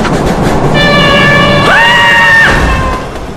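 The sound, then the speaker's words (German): A subway train pulls in with a steady roar of rumbling noise, overlaid by a sustained, layered metallic whine that jumps higher in pitch for a moment before dropping back and fading. “Wann kommt denn nun der Zug? Ah, da kommt er schon.”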